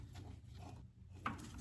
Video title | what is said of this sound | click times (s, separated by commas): How to Install a High Beam Piggy Back Adapter on the MQ Triton (Easy DIY!) | It made a little bit of a click sound. | 1.3 s